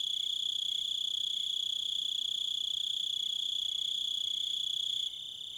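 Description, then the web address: Crickets chirping, a steady shrill trill with softer pulsed chirps repeating underneath; the chorus drops in loudness near the end. "Nature Sounds Sounds of Nature Collection Crickets And Wolves"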